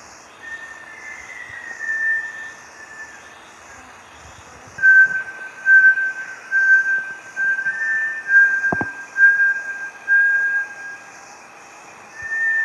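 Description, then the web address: Bartlett's tinamou series of clear, level whistles, fainter at first, then a run of louder notes about a second apart; a single sharp click midway. "sound Bartlett's-tinamou. صدای-پرنده-وشم-بارتلت"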